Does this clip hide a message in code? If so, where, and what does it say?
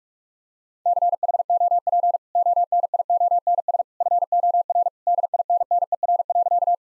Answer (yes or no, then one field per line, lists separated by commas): yes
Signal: Morse code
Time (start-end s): 0.9-6.8 s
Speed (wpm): 46 wpm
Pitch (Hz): 700 Hz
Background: none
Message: CHOP ONIONS FOR DINNER.